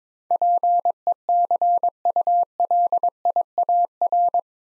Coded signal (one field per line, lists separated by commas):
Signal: Morse code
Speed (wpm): 22 wpm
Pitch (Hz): 700 Hz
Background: none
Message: PECULIAR